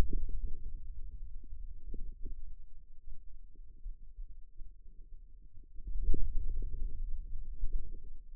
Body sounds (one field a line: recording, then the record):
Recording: forearm muscle sounds (acoustic myography)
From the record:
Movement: hand opening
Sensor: system 2, bracelet of six BSWA MPA416 microphones around the upper forearm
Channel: 5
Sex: male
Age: 22 years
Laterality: right